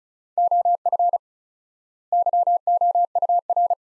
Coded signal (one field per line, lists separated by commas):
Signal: Morse code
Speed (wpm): 36 wpm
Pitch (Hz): 700 Hz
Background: none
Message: OF YOUR